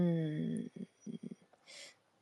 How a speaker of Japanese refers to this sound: すいません、ちょっと咳払いをして。申し訳ないです。